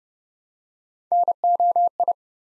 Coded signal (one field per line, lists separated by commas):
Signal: Morse code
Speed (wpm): 30 wpm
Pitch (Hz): 700 Hz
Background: none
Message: NOI